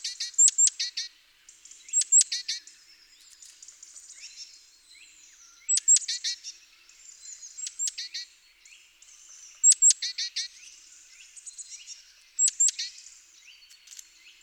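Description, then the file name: Great tit calling in repeated bursts of high, sharp clicking notes every two to four seconds, with soft twittering underneath. "Parus major"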